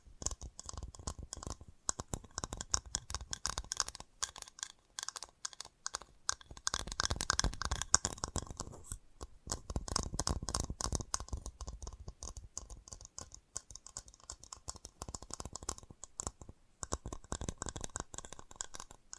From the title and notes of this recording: FAST TAPPING (No Talking).